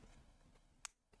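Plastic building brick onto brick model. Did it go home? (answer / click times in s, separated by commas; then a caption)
yes / 0.8 s. A plastic building brick is pressed onto a brick model after an earlier uncertain attempt. Against a low, steady background, a single sharp, bright click at 0.8 s shows the brick seating into place. A faint softer tick follows near 1.1 s.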